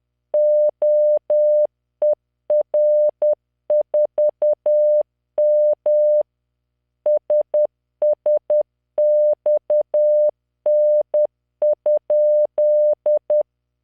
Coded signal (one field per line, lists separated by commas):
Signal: Morse code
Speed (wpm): 10 wpm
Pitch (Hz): 600 Hz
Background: none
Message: OER4M SSXN?